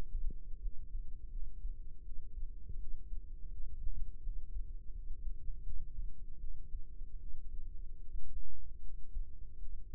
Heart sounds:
heart sounds by microphone in the right ear; 80 bpm
0.60 s: heartbeat
1.29 s: heartbeat
2.02 s: heartbeat
2.77 s: heartbeat
3.51 s: heartbeat
4.21 s: heartbeat
4.92 s: heartbeat
5.63 s: heartbeat
6.38 s: heartbeat
7.17 s: heartbeat
8.00 s: heartbeat
8.81 s: heartbeat
9.58 s: heartbeat
From the record:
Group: healthy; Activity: rest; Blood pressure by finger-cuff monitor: 130/78 mmHg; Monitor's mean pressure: 99 mmHg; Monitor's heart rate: 81 bpm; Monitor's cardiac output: 7.4 L/min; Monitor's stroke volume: 91 mL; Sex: female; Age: 22 years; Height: 161 cm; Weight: 65.5 kg

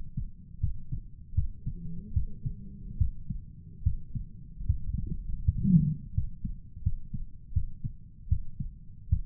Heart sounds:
heart sounds by stethoscope; 78 bpm
0.60 s: heartbeat
1.34 s: heartbeat
2.13 s: heartbeat
2.97 s: heartbeat
3.83 s: heartbeat
4.66 s: heartbeat
5.44 s: heartbeat
6.14 s: heartbeat
6.83 s: heartbeat
7.53 s: heartbeat
8.28 s: heartbeat
9.09 s: heartbeat
From the record:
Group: healthy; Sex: male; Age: 35 years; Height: 178 cm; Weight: 64 kg

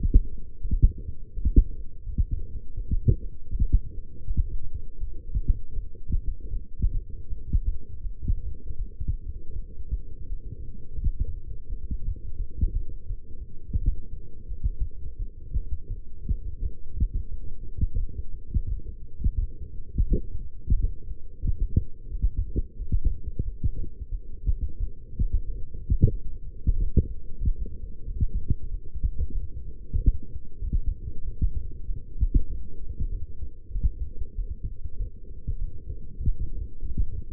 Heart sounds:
heart sounds by stethoscope; 88 bpm
0.61 s: heartbeat
1.34 s: heartbeat
2.04 s: heartbeat
2.75 s: heartbeat
3.50 s: heartbeat
4.26 s: heartbeat
4.98 s: heartbeat
5.73 s: heartbeat
6.51 s: heartbeat
7.27 s: heartbeat
8.01 s: heartbeat
8.76 s: heartbeat
9.53 s: heartbeat
10.28 s: heartbeat
10.98 s: heartbeat
11.67 s: heartbeat
12.37 s: heartbeat
13.07 s: heartbeat
13.79 s: heartbeat
14.48 s: heartbeat
15.17 s: heartbeat
15.88 s: heartbeat
16.60 s: heartbeat
17.29 s: heartbeat
17.98 s: heartbeat
18.68 s: heartbeat
19.39 s: heartbeat
20.07 s: heartbeat
20.74 s: heartbeat
21.42 s: heartbeat
22.10 s: heartbeat
22.77 s: heartbeat
23.43 s: heartbeat
24.09 s: heartbeat
24.78 s: heartbeat
25.44 s: heartbeat
26.10 s: heartbeat
26.75 s: heartbeat
27.40 s: heartbeat
28.06 s: heartbeat
28.69 s: heartbeat
29.32 s: heartbeat
29.96 s: heartbeat
30.60 s: heartbeat
31.23 s: heartbeat
31.86 s: heartbeat
32.48 s: heartbeat
33.10 s: heartbeat
33.73 s: heartbeat
34.36 s: heartbeat
34.98 s: heartbeat
35.59 s: heartbeat
36.20 s: heartbeat
36.80 s: heartbeat
From the record:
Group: healthy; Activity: light exercise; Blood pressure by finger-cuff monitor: 133/74 mmHg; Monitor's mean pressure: 90 mmHg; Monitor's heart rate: 88 bpm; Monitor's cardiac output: 7.7 L/min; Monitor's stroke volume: 88 mL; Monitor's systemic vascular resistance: 850 dyn s/cm5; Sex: female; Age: 22 years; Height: 171 cm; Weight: 65.6 kg

